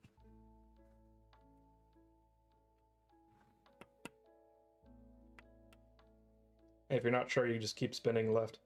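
A screw is spun to the left in a threaded hole in a PC case to find the start of the thread, with soft music playing and a few brief faint taps. Nothing has seated or clicked yet, and someone talks near the end.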